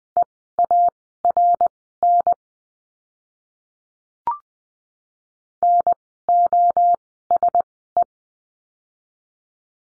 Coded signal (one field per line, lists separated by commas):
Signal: Morse code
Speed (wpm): 20 wpm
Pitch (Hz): 700 Hz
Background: none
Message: EARN NOSE